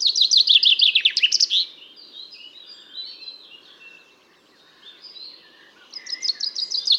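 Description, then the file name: Common chaffinch song: a rapid cascading trill ending in a sharp flourish, then quieter background chirping before a second song begins near the end. "Pinson des arbres"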